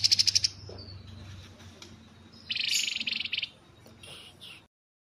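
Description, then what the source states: Streaked spiderhunter giving short, quick chattering rattles, one at the start and a longer burst midway, separated by faint high notes and brief chips. Lively, long, clear singing, used to train birds.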